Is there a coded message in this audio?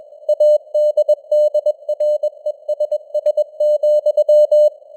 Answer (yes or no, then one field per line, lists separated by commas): yes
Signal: Morse code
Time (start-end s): 0.3-4.7 s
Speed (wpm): 21 wpm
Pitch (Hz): 600 Hz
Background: none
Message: ADDRESS,